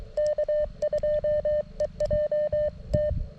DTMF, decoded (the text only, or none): none